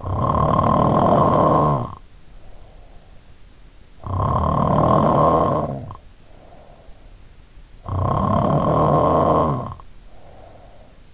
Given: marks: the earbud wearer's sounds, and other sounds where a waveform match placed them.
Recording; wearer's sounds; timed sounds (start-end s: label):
sounds in sleep by an in-ear microphone; snoring breath
0.00-3.31 s: snoring breath
4.06-7.03 s: snoring breath
7.89-11.14 s: snoring breath